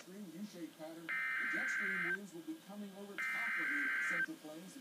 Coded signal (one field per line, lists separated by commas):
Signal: Emergency Alert System (SAME) tones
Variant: header bursts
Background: speech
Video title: Severe Thunderstorm Warning-(EAS #60)